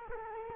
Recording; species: mosquito wingbeat signal from an infrared sensor; Culex quinquefasciatus